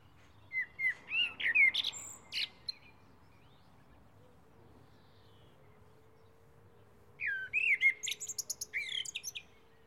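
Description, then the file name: Common blackbird gives two song phrases several seconds apart, each opening with rich fluted notes and breaking into high, rapid chattering twitters. "Turdus merula"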